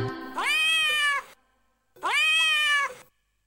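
Cat meowing twice, each a long, clear, slightly rising then level meow lasting about a second, separated by a short silence.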